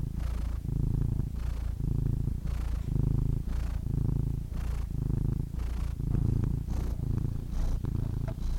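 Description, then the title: Domestic cat purring, a steady low rumble punctuated by regular breathy bursts. "The Ultimate Compilation of Adorable Cat Meows"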